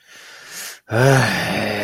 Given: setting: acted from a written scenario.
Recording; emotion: vocal sound without words; shame